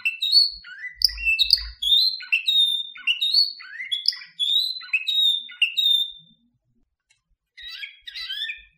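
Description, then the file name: Canary singing a bright, fast string of rising and falling whistles and trills for six seconds, then a short silence before a brief burst of further notes. Spanish canary breed. "sample suara kenari spanyol omkicau"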